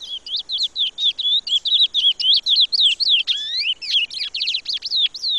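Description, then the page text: Chestnut-bellied seed finch song, a continuous stream of bright slurred whistles, with a quick stuttering trill and down-swept notes toward the end. "Curió (Sporophila Angolensis) #natureza #cantodocurio"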